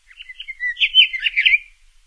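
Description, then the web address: Scott's oriole song: a rich, fluting whistled warble of quick rising and falling phrases, swelling to a peak midway, then easing and ending after under two seconds. "Songs of Birds of North America Stokes. Scotts Oriole"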